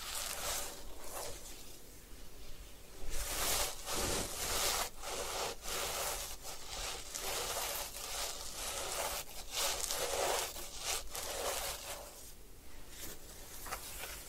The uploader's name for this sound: Head Spa Hair Wash, Massage, Ear Cleaning